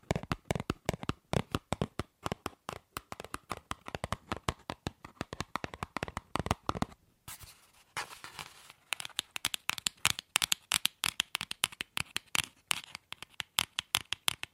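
Quick, dense tapping on hard objects fills the first seven seconds, sharp dry clicks in rapid bursts. A brief softer rustle around seven to nine seconds gives way to tapping again, slightly sparser and more irregular.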